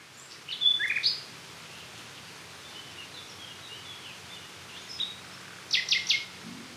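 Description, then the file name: Common nightingale song: a sharp whistled note and short chirps, then quiet scattered notes, ending in a loud rapid burst of repeated clicking notes, over a soft hiss. "Luscinia megarhynchos"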